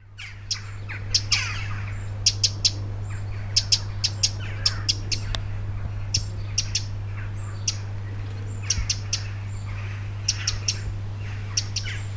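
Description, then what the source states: Wren ticking contact calls, hard clicks given singly and in quick pairs or triplets throughout, with faint chirps and a constant low electrical hum. Loud contact calls; back garden; 25 June 2021, evening, 19:00 UTC.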